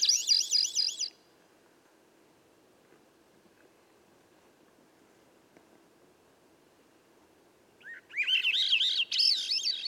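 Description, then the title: Swainson's thrush: the high, warbling end of one song, then about seven seconds of quiet, then a new upward-spiralling flute-like phrase begins. Singing at dusk near a campsite, 3 m up a red alder 9 m away at a cut clearing's edge among young hemlock and redcedar; other birds silent; 15-minute performance; Sound Devices MixPre6, MicBooster Pluggy. "A Swainson's Thrush Gift"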